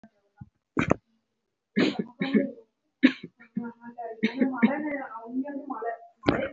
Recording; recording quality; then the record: heavy voluntary cough; moderate, slight background noise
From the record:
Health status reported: healthy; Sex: female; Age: 26 years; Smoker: no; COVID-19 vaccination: both doses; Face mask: worn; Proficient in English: yes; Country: India